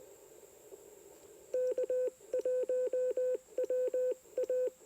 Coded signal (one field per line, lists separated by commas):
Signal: Morse code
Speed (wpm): 20 wpm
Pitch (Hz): 510 Hz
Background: radio noise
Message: K1WA